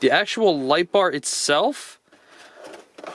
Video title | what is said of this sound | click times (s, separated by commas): Best Solution For More Light on Your Desk!! BenQ ScreenBar Plus and Lite | does get attached via this, and it clicks into place just like so. | 3.1 s